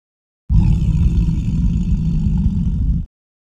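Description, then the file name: Lion growl: a single deep rumbling growl lasting about two and a half seconds, steady and low, starting and stopping abruptly. "Digiffects Sound Effects Library - Lion Growling Version 3"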